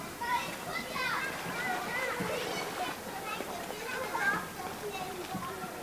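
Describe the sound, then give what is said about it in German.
Children's voices, far off, shout and chatter at a lake on a summer evening, overlapping in a steady, lively murmur with occasional higher squeals and faint splashing water underneath. “An einem Sommerabend am See hören wir selbst weit entfernte Geräusche wie aus nächster Nähe.”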